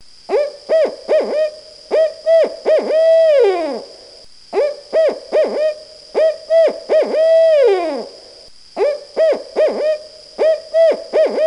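Barred owl hooting in rhythmic series of deep, rich hoots, repeated three times with short gaps, the first two phrases each ending in a long drawn-out descending hoot.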